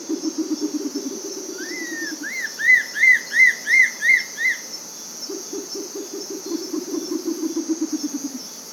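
Bare-legged owl calling in two low, rapid pulsed trills, separated by a series of higher arched whistled notes, over a constant insect hum.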